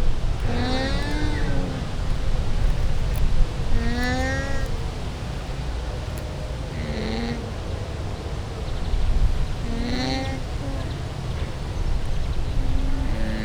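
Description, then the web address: Llama calls, a series of short harmonic bleats a few seconds apart, some wavering, over continuous low rumbling background noise. Recorded at a zoo in Győr, Hungary, in 2014; calls fairly well audible; wind had eased. "allathangok gyorizoo 2014. lama"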